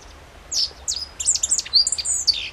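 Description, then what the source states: Godlewski's bunting gives a hurried phrase of high, thin, sliding notes. Recorded on 14 June 2012.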